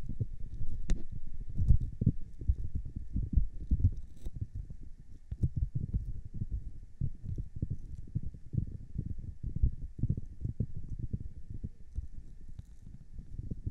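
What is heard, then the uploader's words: Ears being cleaned and massaged: dense, muffled rubbing and thumping that stays deep and low, pulsing irregularly throughout the 14 seconds. A few brief sharp clicks cut through near the start and around four seconds, over a faint, steady high tone. ASMR CLEANING AND MASSAGING YOUR EARS (NO TALKING).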